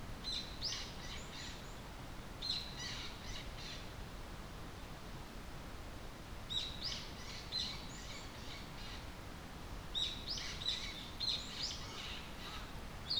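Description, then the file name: Bird calls: scattered clusters of high, sharp chirps separated by quiet gaps of a few seconds, over faint background noise. 30 April 2022. "kotori no tit alley"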